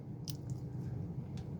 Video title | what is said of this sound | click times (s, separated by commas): Another 2055 that won't run. Making parts with bits from around the house. | and you'll feel it kind of snap into place | 0.3 s